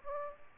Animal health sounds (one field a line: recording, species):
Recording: mosquito wingbeat signal from an infrared sensor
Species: Aedes aegypti